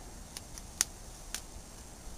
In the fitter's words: You hear that snapping sound?